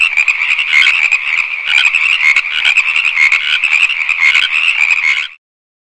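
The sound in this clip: Frog calls in a thick, unbroken rattling sound that keeps an even level for about five seconds before cutting off into silence.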